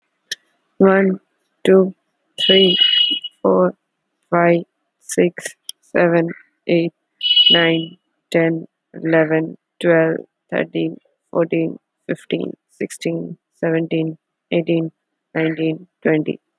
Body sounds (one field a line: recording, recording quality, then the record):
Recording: counting at a normal pace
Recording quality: excellent, no background noise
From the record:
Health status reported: exposed to COVID-19, no respiratory illness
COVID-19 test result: not tested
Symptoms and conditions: none ticked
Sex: female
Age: 20 years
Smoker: not ticked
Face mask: not worn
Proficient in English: yes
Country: India